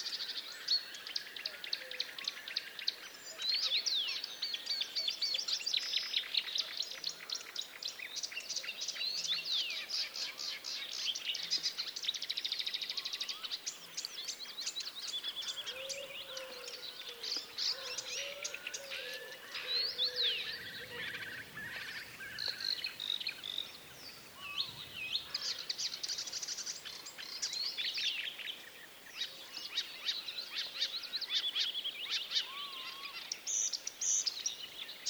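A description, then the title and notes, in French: Many birds chirp and tweet continuously in a dense outdoor ambience, bright rapid calls overlapping throughout, with a low rumble around twenty seconds. Ambiance de Finlance par Jean Louis SICAUD. Sur des sites naturels de la région d'illomantsi en Finlande à la découverte des ambiances et oiseaux présents en cette saison.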